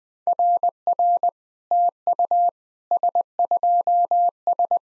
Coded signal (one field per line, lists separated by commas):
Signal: Morse code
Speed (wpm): 20 wpm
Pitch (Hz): 700 Hz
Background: none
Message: RR TU S2S